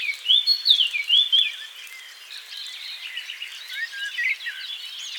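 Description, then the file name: Eurasian blackcap song: it opens with a few loud, pure fluty whistles, then trails off into quieter, rambling scratchy warbling. "Sylvia atricapilla"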